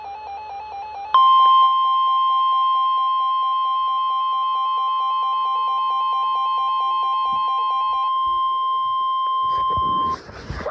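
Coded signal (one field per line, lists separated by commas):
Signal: Emergency Alert System (SAME) tones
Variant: 1050 Hz attention tone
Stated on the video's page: Real EAS alerts recorded during a weekend of severe weather.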